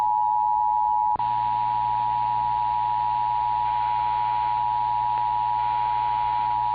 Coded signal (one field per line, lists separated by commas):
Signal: Emergency Alert System (SAME) tones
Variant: 853 and 960 Hz attention tone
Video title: EAS Child Abduction Emergency (AMBER ALERT) Arizona Statewide Alert